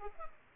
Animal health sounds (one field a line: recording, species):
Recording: mosquito wingbeat signal from an infrared sensor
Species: Culex pipiens